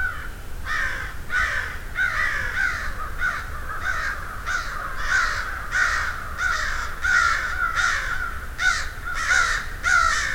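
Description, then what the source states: Crows cawing in a busy flock, harsh calls overlapping and repeating rapidly throughout, with several birds calling at once. Field recording of a flock of crows.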